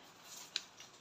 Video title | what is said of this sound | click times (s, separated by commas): DB GLOCK 17 (Semi Automatic) Gas Blowback Pistol to ship bound to Samar. #airsoft #hobbyshop | so kapag nag-lock na siya ganyan Magi itsura boss no Wala ng bala yan pagka ganyan | 0.6 s